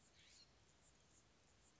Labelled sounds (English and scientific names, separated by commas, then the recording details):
California Scrub-Jay (Aphelocoma californica)
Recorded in Sonoma County, California